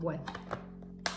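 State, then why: Seated. Someone talks briefly while closing the clasp of a cheap plastic four-drawer storage box, which needs a firm push. The clasp snaps shut with a sharp, bright click at 1.1 s and the box is latched.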